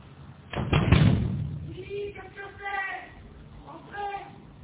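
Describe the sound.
A cluster of hard, heavy knocks on the glass door of a concierge's lodge in an old apartment building lands in a loud burst near the start, followed by a person's voice speaking after the knocking stops.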